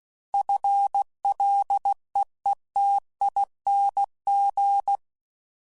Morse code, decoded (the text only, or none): FLEETING